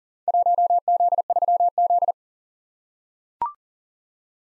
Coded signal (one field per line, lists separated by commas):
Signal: Morse code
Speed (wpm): 40 wpm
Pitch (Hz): 700 Hz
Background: none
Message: 1Z3Z